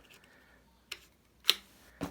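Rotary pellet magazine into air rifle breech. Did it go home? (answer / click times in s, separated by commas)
yes / 1.5 s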